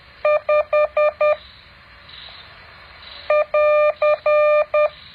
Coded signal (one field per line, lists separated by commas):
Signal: Morse code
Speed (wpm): 10 wpm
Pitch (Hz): 600 Hz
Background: none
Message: 5 <AR>